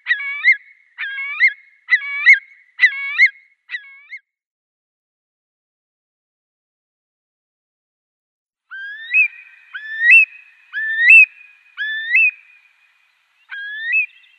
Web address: Schulze Peter Eurasian Curlew calls